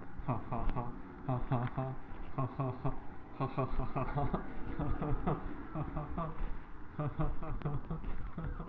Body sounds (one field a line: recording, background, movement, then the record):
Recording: laughter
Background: traffic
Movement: walking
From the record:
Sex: male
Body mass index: 23.7 kg/m2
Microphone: on the chest, facing the body